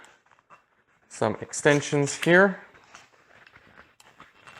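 Someone talks while handling the extension leg of a collapsible camp chair, with faint small taps and rustles in the quiet after the speech. Nothing has seated or locked into the frame yet.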